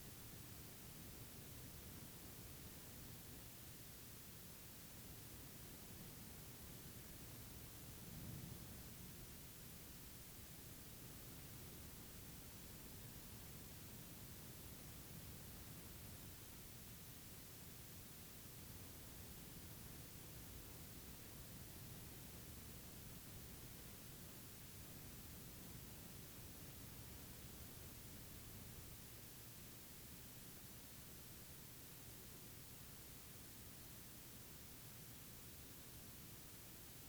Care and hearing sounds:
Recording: daily activity, guitar pickup as the sensor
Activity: lie down

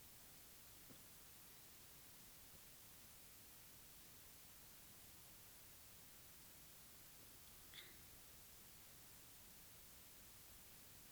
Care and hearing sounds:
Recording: daily activity, guitar pickup as the sensor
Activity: drink water

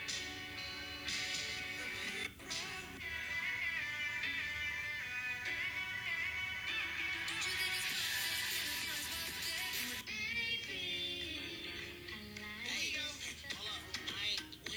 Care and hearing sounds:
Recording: daily activity, guitar pickup as the sensor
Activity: browse video

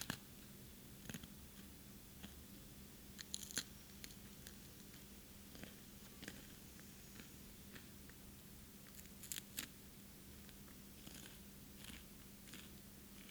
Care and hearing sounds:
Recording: daily activity, guitar pickup as the sensor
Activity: eat

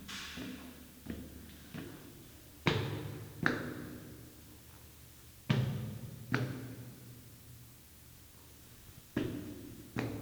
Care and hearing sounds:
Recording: daily activity, guitar pickup as the sensor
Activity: go upstairs

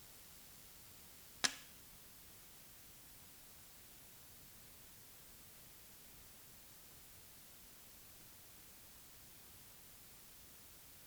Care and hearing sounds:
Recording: daily activity, guitar pickup as the sensor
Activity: operate light

